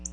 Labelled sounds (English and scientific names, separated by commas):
Black-throated Blue Warbler (Setophaga caerulescens) flight call